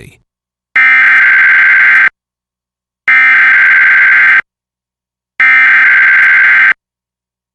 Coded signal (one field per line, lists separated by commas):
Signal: Emergency Alert System (SAME) tones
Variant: header bursts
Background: speech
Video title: EAS #765: EAS Required Monthly Test- May 5, 2023- 10:15AM PDT